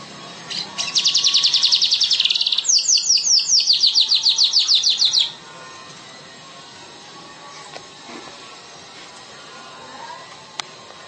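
Bird song with a dense high buzzy trill followed by a run of fast repeated downslurred notes, then quiet background with a few faint clicks.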